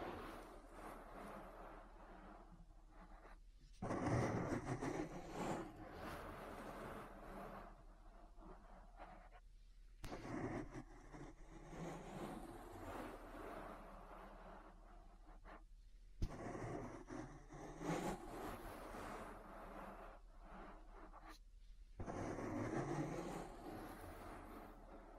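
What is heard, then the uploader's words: Ear massage sounds: slow rubbing and rustling swells that come in waves roughly every six seconds, each lasting a few seconds with a bright scratchy edge. Between them a soft, low rumbling texture continues, with a single sharp tap near the sixteen-second mark. ASMR Relaxing Ear Massage. (No Talking).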